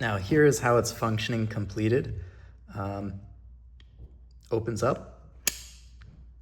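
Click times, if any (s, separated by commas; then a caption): 5.5 s. A repaired Miata soft top latch, a metal hook latch with an added bolt, is opened and then closed onto the windshield header catch while someone talks. It latches home with a sharp click at 5.5 s and locks in place.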